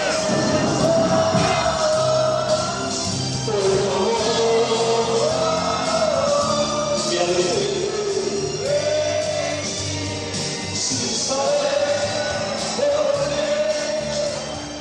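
A loud, steady crowd roar from supporters of Pedro Bordaberry at a parade, mixed with music carrying a wavering melody, with sharp crackling bursts of fireworks scattered through the dense wall of noise.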